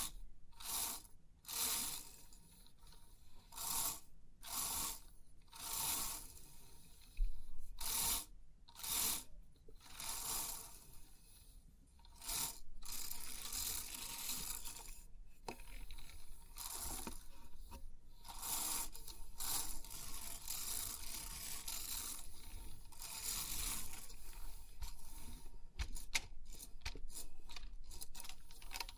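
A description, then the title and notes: Crisp 3D pin art being pressed and shifted, a dense rattling of many small pins in bright, clicky bursts. Short sweeps start and stop every second or so at first, then blend into a more continuous scraping, clattering texture in the second half. Crisp 3D Pin Art Tingles(No Talking).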